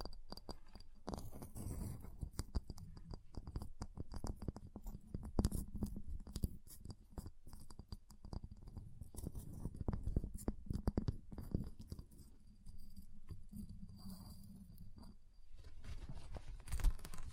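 Ice is tapped, scratched and carved in a dense, irregular run of short clicks and scrapes that continues for the whole clip. Most of the sound sits low, with a soft rumble underneath. A louder sharp tap lands near the end.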